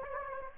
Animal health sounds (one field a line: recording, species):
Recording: mosquito wingbeat signal from an infrared sensor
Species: Anopheles gambiae